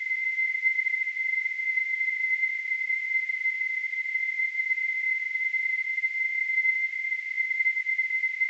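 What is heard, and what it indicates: A steady, unbroken high-pitched tone near 2 kHz with a faint hiss, lasting about eight seconds. It simulates tonal tinnitus, the ringing or whistling heard in the ears without any outside sound.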